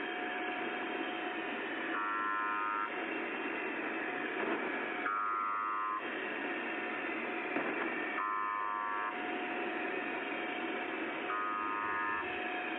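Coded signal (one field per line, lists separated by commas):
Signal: channel marker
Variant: UVB-76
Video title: Les Stations nombres & Station UVB-76 !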